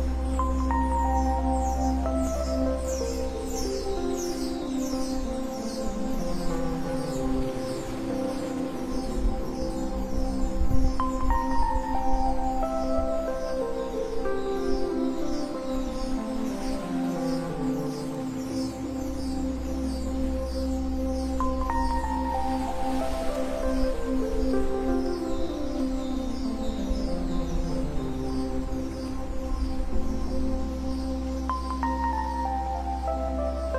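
Slow relaxing music built on a steady low drone and long held tones. Soft gliding notes repeatedly slide downward in waves, with a bright shimmer above. The deep bass drops out briefly around the 19-second mark, then returns.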